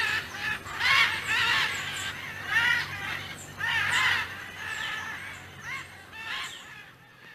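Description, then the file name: Military macaw squawking in a rough series of hoarse, rasping calls roughly every second, fading toward the end. "canto del guacamayo militar"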